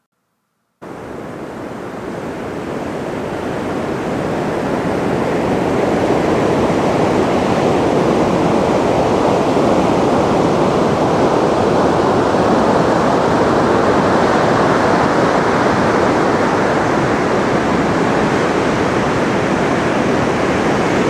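Surf at Cannon Beach, Oregon, roars as one dense, unbroken wash of water. It starts abruptly after a brief silence and swells over the first several seconds, then holds steady and heavy, with a deep churning rumble beneath a hissing spray and no separate crashes standing out.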